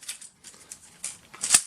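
A plastic element or pad of a Labgear High Gain 48 Element TV aerial is pushed onto its bracket, with a series of short, bright plastic ticks and scrapes. It clicks into place at 1.0 s, followed by a sharper, louder snap near 1.6 s, and the element is seated.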